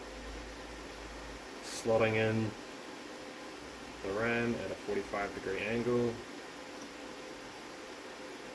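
A SO-DIMM memory module is handled at its motherboard RAM slot, angled in at 45 degrees, over a steady low background hiss. Someone talks in short bursts around 1.8–2.5 s and 4.0–6.2 s. Nothing has seated or clicked yet.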